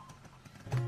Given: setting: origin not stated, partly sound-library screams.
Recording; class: one-second piece from a danger detection set; normal situation